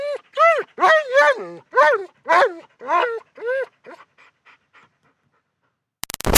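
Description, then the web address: German Shepherd whining: a string of high, arching whimpers in quick succession, fading to softer short ones, then a brief noisy burst at the end. Whines and barks. "Big Room Sound Dog German Shepherd"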